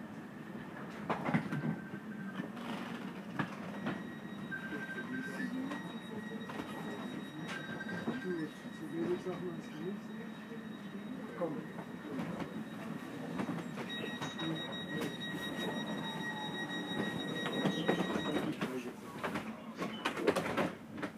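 An S-Bahn train rumbles steadily with a low rolling rhythm, while thin squealing tones hold for seconds, strongest around fourteen to eighteen seconds.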